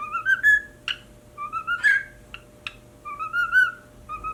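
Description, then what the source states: Cockatiel producing soft rising whistles, repeated a few times with short clicks between them. Pied colour variety.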